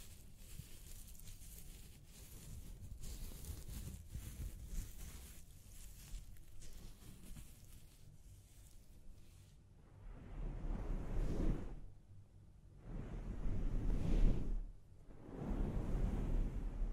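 A scalp massage and hair wash: for the first nine seconds, steady dense rubbing and scratching through hair with quick regular strokes. After that come three swelling rushes of water-like noise, each lasting a couple of seconds, low and full, between shorter quiet gaps.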